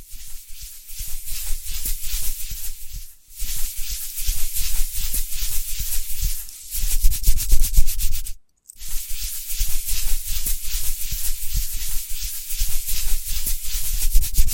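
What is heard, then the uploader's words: Dense, bright scratching and rubbing continues in fast, gritty strokes, with brief silent gaps near three, six and a half, and eight and a half seconds. Invisible Tapping, Scratching, Tracing.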